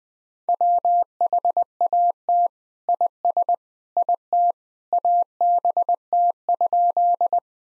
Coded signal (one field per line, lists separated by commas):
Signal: Morse code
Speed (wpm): 21 wpm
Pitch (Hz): 700 Hz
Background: none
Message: WHAT IS IT ABT?